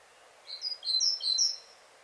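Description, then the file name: Great tit with a short tumbling run of high, thin whistled notes lasting about a second, against faint background hiss. "Parus major"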